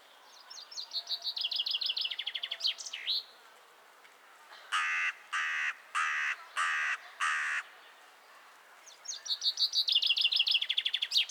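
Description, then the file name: Common chaffinch song, a descending rattling trill ending in a flourish, then five harsh, evenly spaced calls from another bird, then the song starting again. "Fringilla coelebs"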